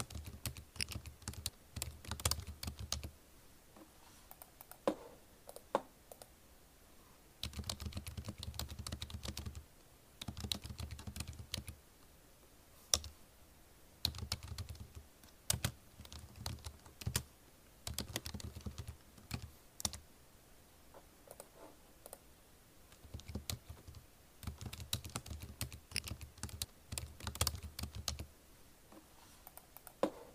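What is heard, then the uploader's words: Repetitive, random tapping with a keyboard-like clatter, sharp clicks arriving in quick irregular bursts. Several stretches carry a low rumbling hum underneath, around 0–3, 7–10, 12–14, 18–20 and 24–28 seconds, with sparser isolated taps in between. Soothing Repetitive Random Tapping. No Talking.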